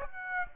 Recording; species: mosquito wingbeat signal from an infrared sensor; Aedes aegypti